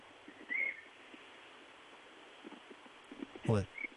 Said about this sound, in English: Let's just listen, because the birds are tweeting away. Listen to them.